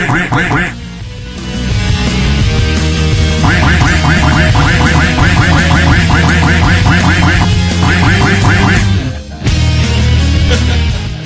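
A loud duck-quacking sound effect, with rapid quacks repeating in a steady rhythm over a dense, busy backing that runs almost without pause.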